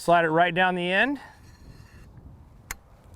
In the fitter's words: feel that little click that goes into the end of the, once it gets all the way over the end of the air tube,